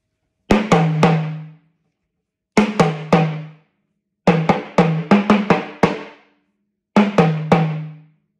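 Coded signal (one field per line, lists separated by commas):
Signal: talking drum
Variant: Yoruba dùndún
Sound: low pitched drum strokes in four phrases of 3, 3, 6 and 2, tones bending slightly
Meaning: The produce on the head of the plantain tree is edible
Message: Jijẹ ni, ẹrù orí ọ̀gẹ̀dẹ̀, jijẹ ni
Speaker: The name one is Jijẹ ni ẹrù orí ọ̀gẹ̀dẹ̀. Jijẹ ni.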